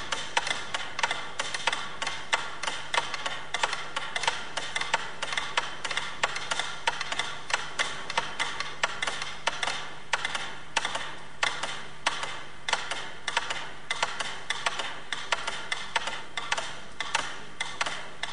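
Several metronomes tick together, their sharp, bright clicks coming steadily several times a second and drifting slightly in and out of step. A faint low hum runs underneath throughout, and the ticking stays even in loudness from start to finish.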